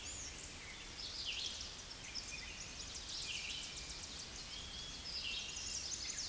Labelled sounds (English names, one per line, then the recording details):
Red-eyed Vireo song
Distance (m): 25 m
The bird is about 20 m above the microphone
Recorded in a Pennsylvania forest on 16 May 2024 at 07:14
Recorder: AudioMoth, point MSD-0079
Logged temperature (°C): 16.1 °C
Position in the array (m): 167 m, 70 m